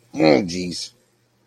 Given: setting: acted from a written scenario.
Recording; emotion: vocal sound without words; pain